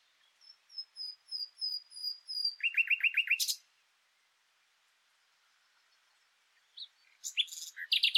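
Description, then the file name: Common nightingale song: a series of high whistles swelling in volume, then a fast rattle of repeated notes, a silent pause, and another burst of loud notes. "Luscinia megarhynchos"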